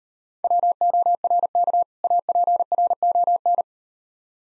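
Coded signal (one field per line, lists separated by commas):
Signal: Morse code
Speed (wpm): 39 wpm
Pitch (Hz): 700 Hz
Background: none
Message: WORK APRON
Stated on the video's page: Morse practice drill at 30 wpm of difficult words with contextual hints.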